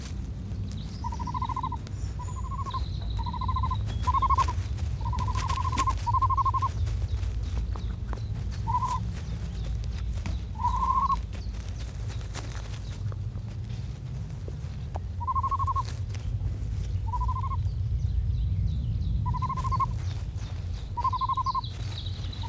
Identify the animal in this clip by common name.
Great Bustard